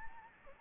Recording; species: mosquito wingbeat signal from an infrared sensor; Anopheles gambiae